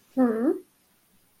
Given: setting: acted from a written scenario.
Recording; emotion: vocal sound without words; confusion